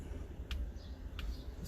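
While removing the clock spring on a G35/G37, a plastic piece held by two clips on the steering column is unclipped. Two short, sharp plastic clicks sound at 0.5 s and 1.2 s over a low background rumble. Both clips release and the piece comes right off.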